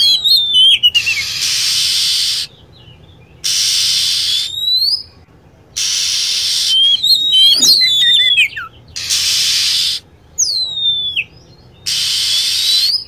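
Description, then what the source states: Lovebird calls: sharp, falling and rising squeaks, with a dense chattering cluster near the middle, between repeated bursts of hissing noise. Lure sound for attracting birds.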